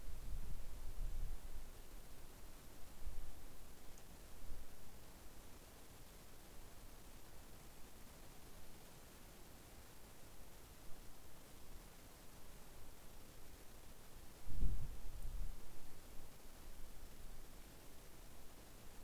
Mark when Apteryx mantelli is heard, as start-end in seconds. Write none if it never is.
none